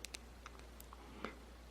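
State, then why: Not seated. A computer trackball's ball retainer is handled against its plastic housing as it is being reassembled, giving a few short, sharp plastic ticks over a low steady hum, with the strongest ones near the start and another near the end. Nothing has seated or clicked into place yet.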